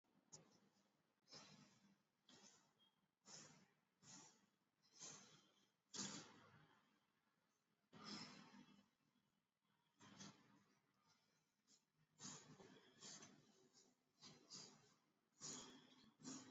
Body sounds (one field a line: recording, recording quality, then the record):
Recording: shallow breathing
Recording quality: moderate, slight background noise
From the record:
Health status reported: exposed to COVID-19, no respiratory illness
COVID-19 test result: not tested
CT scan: not taken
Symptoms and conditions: none ticked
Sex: male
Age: 40 years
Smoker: no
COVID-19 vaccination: both doses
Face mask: worn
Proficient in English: yes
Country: India